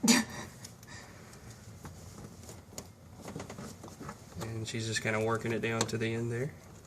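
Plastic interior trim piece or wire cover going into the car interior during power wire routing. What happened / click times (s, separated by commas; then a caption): Plastic piece is being worked along, not yet seated / none. A plastic interior trim piece or wire cover is worked down to its end inside a car while the amplifier power wire is routed toward the fuse junction, giving soft rubbing and tapping handling noises with a brief sharp tick near 2.8 s. Someone talks throughout, and the piece has not seated or clicked yet when the clip ends.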